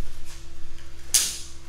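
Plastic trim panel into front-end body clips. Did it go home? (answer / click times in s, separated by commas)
yes / 1.2 s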